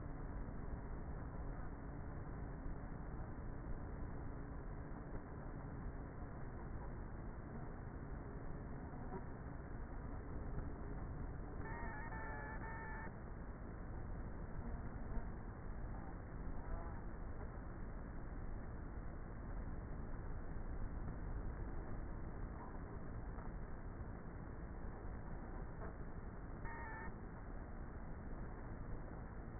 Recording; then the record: honeybee colony, microphone inside the hive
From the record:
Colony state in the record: queenless with a low population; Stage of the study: before two queens were removed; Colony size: about 30,000 bees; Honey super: no